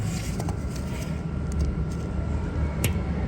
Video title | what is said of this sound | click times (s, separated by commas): SAY NO TO AFTERMARKET CONDENSERS 💊 🤣💸 listen to the angry technician. 🧑‍🔧 | Ah, I hear that snap, that click. Yeah. | 2.8 s